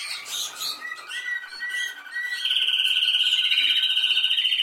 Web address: Golchin Best Canari Seda Canari. Niyaz Music)